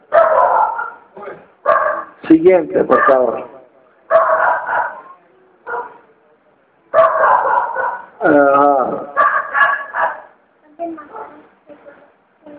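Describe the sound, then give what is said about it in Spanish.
Dogs bark at children in a series of repeated, mid-pitched bursts with short pauses between, fairly loud, while a person speaks briefly amid the barking. “Llamen los niños para adentro para que no ladren los perros.”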